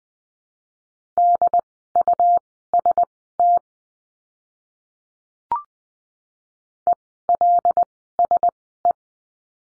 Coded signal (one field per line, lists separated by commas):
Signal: Morse code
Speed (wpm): 20 wpm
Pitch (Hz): 700 Hz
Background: none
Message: DUST ELSE